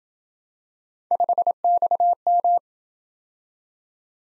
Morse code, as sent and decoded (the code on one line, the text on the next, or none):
..... -..- --
5XM